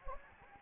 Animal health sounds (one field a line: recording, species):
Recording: mosquito wingbeat signal from an infrared sensor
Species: Anopheles gambiae